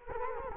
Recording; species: mosquito wingbeat signal from an infrared sensor; Culex quinquefasciatus